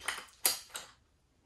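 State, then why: Seated. A drill's metal belt clip is pushed into a plastic belt-mounted tool holster and clicks into place at 0.5 s, taking some effort to pull back out. The click is the loudest of several short, sharp plastic-and-metal ticks, with softer ones at 0.1 s and 0.8 s and a faint one near 1.5 s.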